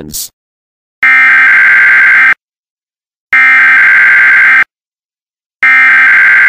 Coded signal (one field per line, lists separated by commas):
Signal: Emergency Alert System (SAME) tones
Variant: header bursts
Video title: EAS Poop Best Buy